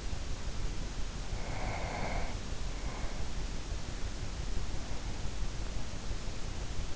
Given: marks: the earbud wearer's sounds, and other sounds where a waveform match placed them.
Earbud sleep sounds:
sounds in sleep by an in-ear microphone; breath
1.13-3.55 s: breath

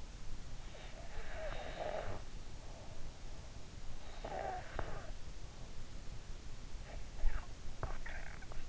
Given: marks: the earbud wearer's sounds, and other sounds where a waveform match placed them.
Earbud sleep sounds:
sounds in sleep by an in-ear microphone; snoring breath
0.90-2.26 s: snoring breath
4.04-5.30 s: snoring breath
6.92-8.69 s: snoring breath

